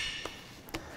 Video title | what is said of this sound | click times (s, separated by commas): What Is a Drill? How to use a Drill or Hammer Drill EXPLAINED | not really a rattling sound, but you could hear the bit slipping. | 0.7 s, 0.8 s